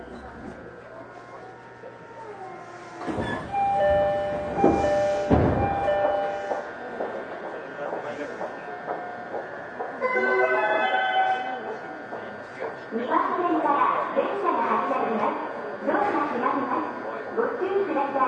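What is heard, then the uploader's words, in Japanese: Inside a Rinkai Line 70-000 series train, a steady motor whine and rumble continue, with loud clunks around four to six seconds and voices later. 東京臨海高速鉄道70-000形 新宿〜新木場。JR埼京線→りんかい線の区間で録音。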